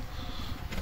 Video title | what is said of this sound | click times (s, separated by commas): Dodge Ram Fog Lights | and you see it's not clipping it's not clipping it still moves | none